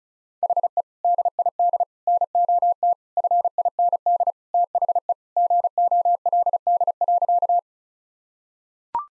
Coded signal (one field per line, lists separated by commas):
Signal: Morse code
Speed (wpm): 36 wpm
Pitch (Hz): 700 Hz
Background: none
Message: HE DID NOT FIND THE GOLD.